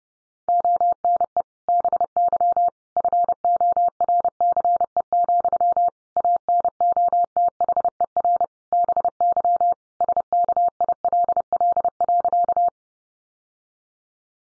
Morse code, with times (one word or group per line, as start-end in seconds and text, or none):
0.5-1.4 ONE
1.7-2.7 BY
3.0-5.9 FORCE,
6.2-8.4 ANOTHER
8.7-9.7 BY
10.0-12.7 SKILL.